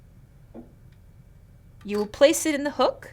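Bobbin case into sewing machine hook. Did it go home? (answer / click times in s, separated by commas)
no / none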